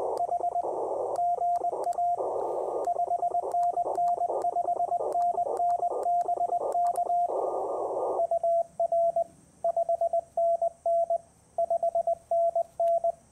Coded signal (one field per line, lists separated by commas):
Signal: Morse code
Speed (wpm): 20 wpm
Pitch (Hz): 690 Hz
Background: radio noise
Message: H GA 5NN 5NN BK UR 5NN 5NN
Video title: Unmatched QRP Performance: POTA Activation with the Ten-Tec Argonaut VI!